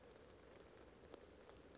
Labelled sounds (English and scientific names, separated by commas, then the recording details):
Western Flycatcher (Empidonax difficilis)
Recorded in Sonoma County, California